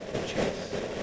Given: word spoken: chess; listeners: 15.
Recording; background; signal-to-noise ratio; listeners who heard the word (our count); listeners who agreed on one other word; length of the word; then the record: one English word in noise, from a listening test; noise modulated by three-talker babble; -7.8 dB; 3 of 15; 6 of 15; 0.63 s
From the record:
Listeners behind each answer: 6, 3, 1, 1, 1, 1, 1, 1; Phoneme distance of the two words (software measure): 10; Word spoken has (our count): 1 syllable, 3 phonemes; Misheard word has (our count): 1 syllable, 3 phonemes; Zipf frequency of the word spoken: 3.91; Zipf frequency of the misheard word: 4.31